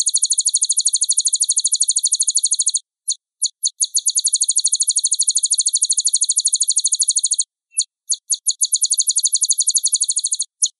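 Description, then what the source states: Sunbird song: long, rapid, high trills, twice broken by short pauses with a few isolated notes. Sunbird sound played to provoke birds into calling, used as a lure recording.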